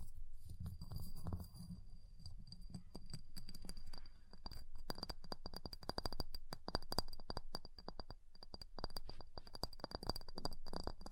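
Ice being worked, starting with a low, rough scraping rumble for the first two seconds. From about four seconds on come quick, sharp taps and scratches in dense runs, with a thin high ringing tone persisting through much of the clip.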